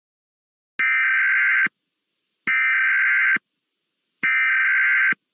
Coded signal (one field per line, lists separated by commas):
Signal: Emergency Alert System (SAME) tones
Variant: header bursts